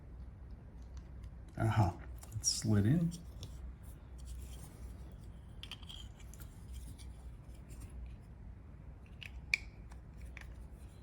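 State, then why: Not seated. The two plastic halves of a Toyota Prado car key fob case are handled over the battery compartment after a new CR1632 coin battery is fitted, with faint rubbing and light ticks while someone talks. Nothing has seated or clicked yet; the case halves are not yet snapped shut.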